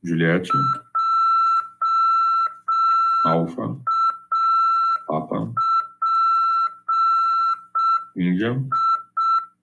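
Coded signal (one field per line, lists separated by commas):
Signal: Morse code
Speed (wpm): 5 wpm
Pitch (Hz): 1340 Hz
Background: speech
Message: JAPI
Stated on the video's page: Amateur radio CW lesson on FM at 146.410 MHz.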